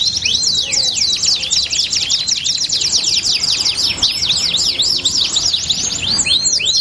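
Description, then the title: Belgian canary song, rapid arching notes and rolling trills repeated densely without a break. Belgian canary song used to warm up and stimulate canaries to sing; said to make canaries respond and join in within seconds. "Canto Para Esquentar Canário Belga. LANGSUNG NYAUT. Pancingan suara kenari hitungan detik langsung ikut bunyi"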